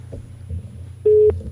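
A single steady mid-pitched telephone ringback tone sounds loudly for a moment over a low, constant hum, on an outgoing call placed over the internet to someone in Barcelona, waiting to connect.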